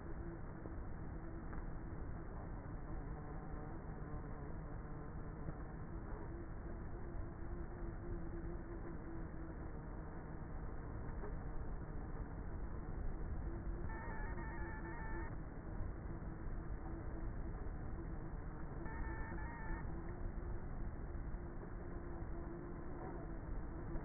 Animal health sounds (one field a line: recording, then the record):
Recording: honeybee colony, microphone inside the hive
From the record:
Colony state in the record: queenless with a low population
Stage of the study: before two queens were removed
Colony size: about 30,000 bees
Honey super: no